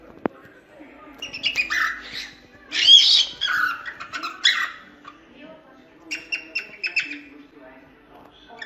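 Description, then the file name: Cockatiel song: scattered chirps and harsh, buzzy notes in short bursts, louder squawky phrases near three and four seconds, then a run of quick chirps. Lutino colour form; singing. "canto da calopsita lutino"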